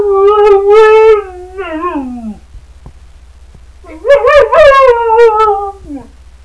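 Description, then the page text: Siberian Husky howling, two long drawn-out wavering howls with rich harmonics, the second rising and wavering before sliding downward. Female pet Siberian Husky that rarely barks, barking only when asked to speak for a treat, and mostly howls. "Miss Ketah, the Siberian Husky"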